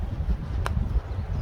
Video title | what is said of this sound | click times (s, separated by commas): Do You Need a Gimbal For the GoPro? Hohem Isteady Pro4 #gopro #hohemisteadypro4 #gopro10 | Clip goes over the top and locks into place. | 0.7 s